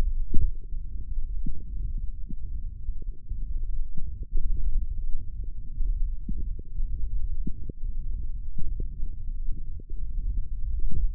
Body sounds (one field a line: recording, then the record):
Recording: forearm muscle sounds (acoustic myography)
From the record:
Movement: hand closing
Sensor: system 1, eight BSWA MPA416 microphones around the upper forearm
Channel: 5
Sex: female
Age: 22 years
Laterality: right